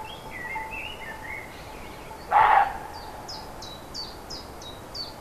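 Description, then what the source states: Roe deer barking once, a brief rough burst, while a bird sings a series of quick falling whistles and other birds chirp in the background. Recorded 5 May 2011 on an MZ-N710 recorder.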